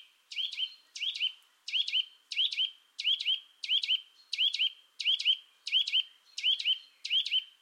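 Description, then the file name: Eurasian nuthatch calling steadily, a sharp doubled 'twit-twit' note repeated about every two-thirds of a second, eleven times in a row, in an otherwise quiet background. "Sitta europaea"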